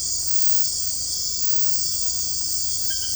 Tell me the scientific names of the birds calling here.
none